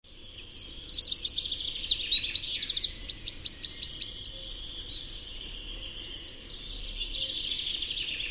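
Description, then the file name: Eurasian wren song: a fast, shrill burst of trilled and chattering notes lasting about four seconds, then after a pause a fainter, softer twitter. "Troglodytes troglodytes"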